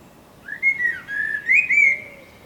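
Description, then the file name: Common blackbird song: a mellow warbled whistle rising and falling, with a couple of louder fluty notes near the end and a faint low whistle after. "Turdus merula"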